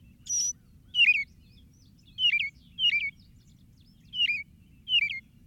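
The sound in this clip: Northern mockingbird repeating a sharp chirped phrase, opened by a higher buzzy note, with a soft low rumble behind.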